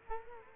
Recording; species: mosquito wingbeat signal from an infrared sensor; Culex quinquefasciatus